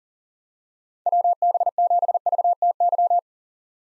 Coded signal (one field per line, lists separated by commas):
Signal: Morse code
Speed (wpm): 37 wpm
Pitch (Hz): 700 Hz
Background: none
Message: WB7VTY